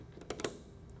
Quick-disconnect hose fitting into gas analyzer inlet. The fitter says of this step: you'll hear a click whenever it's connected and